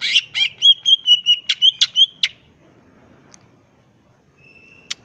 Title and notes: Cucak Ijo Gacor Ngentrok Jambul Nembak. suara burung cucak ijo gacor, merdu cocok buat masteran burung cucak ijo